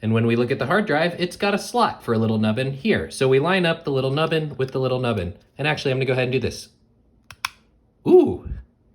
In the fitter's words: that was a strangely satisfying click. I enjoyed that.